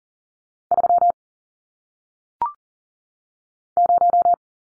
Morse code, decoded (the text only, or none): 3 0